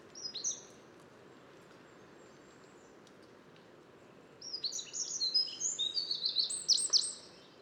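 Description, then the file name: Eurasian wren giving one brief high note, then after a quiet gap a loud, quick three-second string of sharp trilled notes. "Troglodytes troglodytes"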